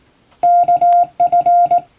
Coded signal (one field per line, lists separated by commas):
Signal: Morse code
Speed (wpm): 19 wpm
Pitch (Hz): 700 Hz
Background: none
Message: KF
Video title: 【Radio operator morse practice】This is a Morse code practice video. There is a morse exam in japan.